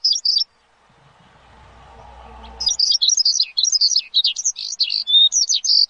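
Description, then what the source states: Javan bush lark song, a brief high phrase, then a low rumbling noise for two seconds, then a rapid run of high chirps and trills. Lure for a Javan bush lark in full, lively song.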